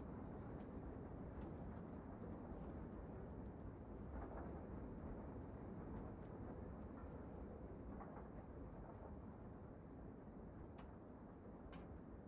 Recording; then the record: background sound without coughing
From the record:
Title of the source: Train Ride Ambience ambient white noise for sleeping, focus, studying, reading